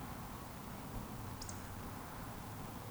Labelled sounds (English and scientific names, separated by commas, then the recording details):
Eurasian Woodcock (Scolopax rusticola) whistle
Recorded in Baden-Württemberg, Germany, on 13 June 2020 at 19:46 UTC
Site 14569, 102 m above sea level